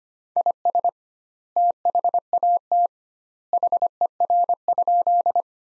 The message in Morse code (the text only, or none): IS THAT HER?